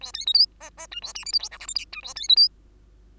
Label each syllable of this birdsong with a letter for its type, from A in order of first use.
A B C D E E F A G H I J K L M N F A B C D